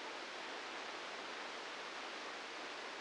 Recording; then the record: brain microelectrode recording played as sound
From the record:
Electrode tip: outside the subthalamic nucleus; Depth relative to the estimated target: 1 mm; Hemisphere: right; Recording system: NeuroSet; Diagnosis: Parkinson's disease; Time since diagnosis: 9 years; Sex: female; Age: 51 years